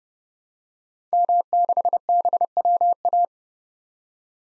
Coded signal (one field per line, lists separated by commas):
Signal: Morse code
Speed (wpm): 30 wpm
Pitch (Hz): 700 Hz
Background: none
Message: M6BWA